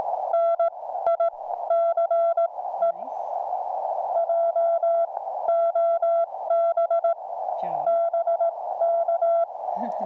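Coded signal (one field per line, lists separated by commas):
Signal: Morse code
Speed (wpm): 18 wpm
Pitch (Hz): 670 Hz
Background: radio noise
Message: NICE JOB BK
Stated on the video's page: Kit-built QRP Labs QCX-mini 5W 40m CW transceiver keyed with a straight key, on the air.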